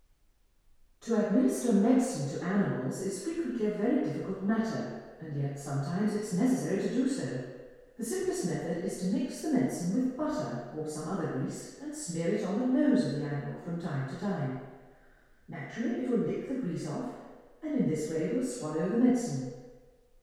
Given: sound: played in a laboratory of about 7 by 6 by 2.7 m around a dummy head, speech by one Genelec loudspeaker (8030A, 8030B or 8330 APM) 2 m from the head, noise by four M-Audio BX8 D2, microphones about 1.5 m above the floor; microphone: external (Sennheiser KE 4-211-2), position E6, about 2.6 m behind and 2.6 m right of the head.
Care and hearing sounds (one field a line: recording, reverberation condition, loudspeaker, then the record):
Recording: female speech in English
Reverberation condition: high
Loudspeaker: behind (180 degrees)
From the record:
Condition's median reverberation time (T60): about 1300 ms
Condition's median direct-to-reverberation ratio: about -4.0 dB